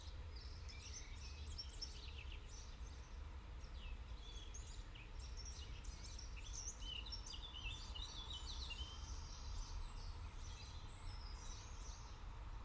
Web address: Tom Hutchings Europe France Paris City Park Early Morning Birds Distant Traffic